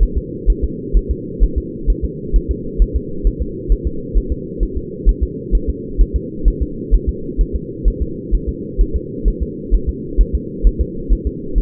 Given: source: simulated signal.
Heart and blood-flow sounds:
fetal heart sounds
0.03 s: S1
0.18 s: S2
0.50 s: S1
0.64 s: S2
0.97 s: S1
1.11 s: S2
1.44 s: S1
1.58 s: S2
1.90 s: S1
2.05 s: S2
2.36 s: S1
2.51 s: S2
2.82 s: S1
2.96 s: S2
3.27 s: S1
3.42 s: S2
3.72 s: S1
3.87 s: S2
4.18 s: S1
4.32 s: S2
4.63 s: S1
4.78 s: S2
5.09 s: S1
5.23 s: S2
5.55 s: S1
5.70 s: S2
6.01 s: S1
6.16 s: S2
6.48 s: S1
6.62 s: S2
6.94 s: S1
7.09 s: S2
7.41 s: S1
7.56 s: S2
7.88 s: S1
8.02 s: S2
8.35 s: S1
8.49 s: S2
8.81 s: S1
8.96 s: S2
9.28 s: S1
9.43 s: S2
9.74 s: S1
9.89 s: S2
10.21 s: S1
10.35 s: S2
10.67 s: S1
10.81 s: S2
11.13 s: S1
11.27 s: S2
11.58 s: S1
From the record:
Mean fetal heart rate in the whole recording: 130 bpm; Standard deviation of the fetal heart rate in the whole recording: 2 bpm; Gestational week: 36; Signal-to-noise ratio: -4.3 dB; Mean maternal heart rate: 72 bpm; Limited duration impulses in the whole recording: absent

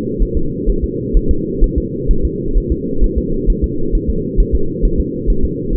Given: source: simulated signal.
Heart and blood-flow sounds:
fetal heart sounds
0.23 s: S1
0.37 s: S2
0.70 s: S1
0.84 s: S2
1.17 s: S1
1.31 s: S2
1.64 s: S1
1.78 s: S2
2.11 s: S1
2.25 s: S2
2.58 s: S1
2.72 s: S2
3.04 s: S1
3.18 s: S2
3.50 s: S1
3.64 s: S2
3.95 s: S1
4.10 s: S2
4.40 s: S1
4.55 s: S2
4.85 s: S1
5.00 s: S2
5.30 s: S1
5.45 s: S2
5.75 s: S1
From the record:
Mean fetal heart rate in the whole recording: 130 bpm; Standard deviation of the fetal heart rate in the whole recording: 2 bpm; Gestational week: 38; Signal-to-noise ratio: -8.1 dB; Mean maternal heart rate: 72 bpm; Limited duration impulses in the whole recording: absent

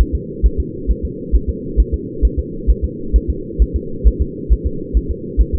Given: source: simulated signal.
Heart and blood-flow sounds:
fetal heart sounds
0.01 s: S1
0.15 s: S2
0.46 s: S1
0.60 s: S2
0.91 s: S1
1.05 s: S2
1.35 s: S1
1.50 s: S2
1.80 s: S1
1.94 s: S2
2.25 s: S1
2.39 s: S2
2.70 s: S1
2.84 s: S2
3.16 s: S1
3.30 s: S2
3.62 s: S1
3.76 s: S2
4.07 s: S1
4.22 s: S2
4.53 s: S1
4.67 s: S2
4.97 s: S1
5.11 s: S2
5.41 s: S1
5.55 s: S2
From the record:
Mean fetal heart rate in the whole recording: 135 bpm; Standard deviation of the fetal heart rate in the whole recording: 3 bpm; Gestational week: 34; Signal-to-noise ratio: -4.3 dB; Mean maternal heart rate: 72 bpm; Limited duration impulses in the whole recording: absent

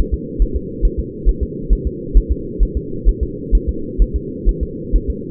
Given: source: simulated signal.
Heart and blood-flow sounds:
fetal heart sounds
0.14 s: S2
0.42 s: S1
0.56 s: S2
0.85 s: S1
0.99 s: S2
1.29 s: S1
1.43 s: S2
1.73 s: S1
1.87 s: S2
2.17 s: S1
2.31 s: S2
2.63 s: S1
2.77 s: S2
3.09 s: S1
3.23 s: S2
3.55 s: S1
3.69 s: S2
4.02 s: S1
4.16 s: S2
4.49 s: S1
4.63 s: S2
4.96 s: S1
5.10 s: S2
From the record:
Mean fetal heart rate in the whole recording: 135 bpm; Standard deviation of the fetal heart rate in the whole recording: 3 bpm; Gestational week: 36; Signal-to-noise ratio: -4.3 dB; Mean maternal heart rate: 72 bpm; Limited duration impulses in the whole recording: absent

